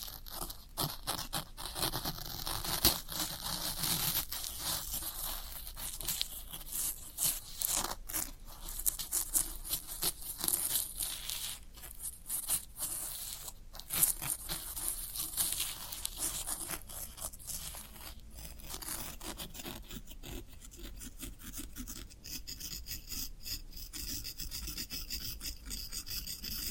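Floral foam is rubbed and scraped, giving a dense, bright, rasping crackle full of quick gritty scratches and small snaps. The scraping is busiest through the first eighteen seconds, then thins out into lighter, sparser rubbing over a faint steady hiss.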